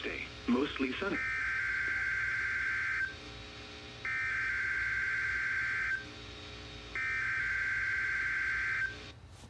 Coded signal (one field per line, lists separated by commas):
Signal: Emergency Alert System (SAME) tones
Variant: header bursts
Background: speech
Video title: (EAS #776-791) A Warm Goodbye... and VERY Warm Welcome Back... (Alerts and IDs from 6/9-14/2021)